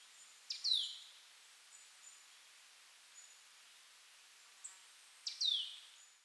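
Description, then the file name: Marsh tit calls: two sharp, high notes that sweep steeply downward, well separated in time, over quiet background hiss. "Poecile palustris"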